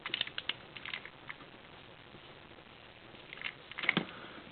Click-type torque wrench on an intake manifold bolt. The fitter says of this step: didn't click yet, but it seems like it's getting a little tight to me, so I don't want to over tighten it and snap that bolt.